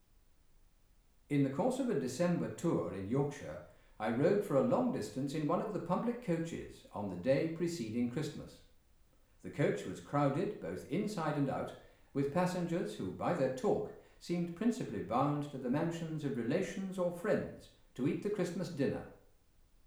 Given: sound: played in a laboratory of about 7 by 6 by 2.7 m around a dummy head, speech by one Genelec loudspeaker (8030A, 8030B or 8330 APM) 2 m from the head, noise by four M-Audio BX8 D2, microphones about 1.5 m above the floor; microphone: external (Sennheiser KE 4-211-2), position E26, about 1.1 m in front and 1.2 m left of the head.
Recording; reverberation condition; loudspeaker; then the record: male speech in English; medium; 90 degrees to the left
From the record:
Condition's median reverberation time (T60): about 510 ms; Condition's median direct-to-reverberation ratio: about -0.5 dB